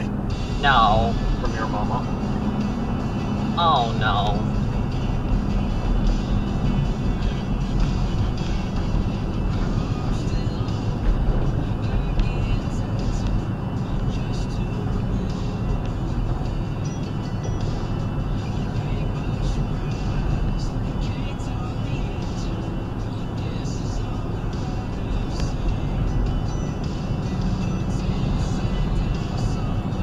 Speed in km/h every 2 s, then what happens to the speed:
69, 72, 71, 64, 63, 64, 64, 61, 60, 61, 60, 61, 61, 63, 63.
3-7 slows to 63. 7-30 steady at about 61.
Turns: none.